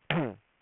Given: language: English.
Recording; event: throat vibration sensor signal played as sound; throat clearing